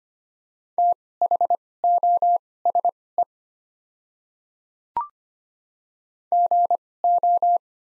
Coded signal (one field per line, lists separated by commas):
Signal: Morse code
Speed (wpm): 25 wpm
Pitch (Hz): 700 Hz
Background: none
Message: THOSE GO